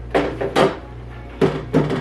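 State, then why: Seated. After the water tank of a small home appliance (likely a humidifier or diffuser) is filled below the max line, its plastic top lid is put back on and pressed down to lock. Sharp clicks land at about 0.2 s and 1.4 s, with similar short knocks near 0.6 s and 1.8 s. The lid seats and locks in place.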